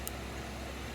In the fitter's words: on that locker, and then to close it, you'll hear it click,